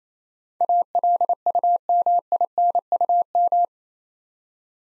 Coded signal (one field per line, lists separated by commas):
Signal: Morse code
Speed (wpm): 28 wpm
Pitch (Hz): 700 Hz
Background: none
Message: ALUMINUM